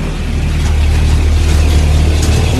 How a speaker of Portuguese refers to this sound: Um carro. É uma moto. Um motocarro. Pois, aqui não passam carros, não. Não, aqui nas ruas da Gramassa não passam carros, só vai até ali à igreja. É moto.